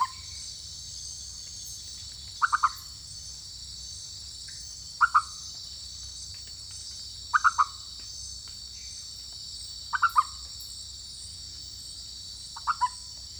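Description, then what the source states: Leptodactylus frog calling in tight clusters of two or three short knocking croaks, repeated about every two and a half seconds over a constant high-pitched insect drone. Recorded in French Guiana.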